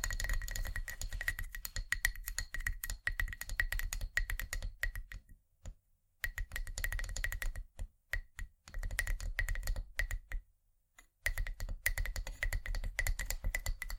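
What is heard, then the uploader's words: Wooden ASMR triggers: a dense, fast stream of crisp taps and clicks with a steady bright ring running under them and a low hum beneath. The tapping stops briefly near six seconds and again around ten to eleven seconds, then resumes. ASMR Wooden Triggers 1hour（No Talking）.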